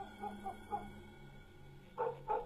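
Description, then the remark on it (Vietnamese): A dog downstairs at a house barks repeatedly toward the neighbour's gate, three softer yaps followed by two louder, sharper barks, over a low steady hum. “Chỉ có con chó ở dưới nhà cứ hóng ở bên ấy mà cắn lên nhấm nha nhấm nhặng.”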